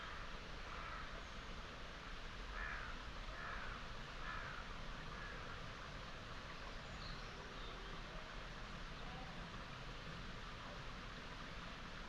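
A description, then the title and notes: A steady outdoor bed in a meadow dell, with a constant low rumble and hiss running the full length. Faint bird calls rise above it now and then, clustered in the first half, with a few thinner chirps later on. Bucolic dell in upland meadows. Farm machinery, A-roads, the flight paths to Manchester's ringway airport, though quite feint, are in range of hearing.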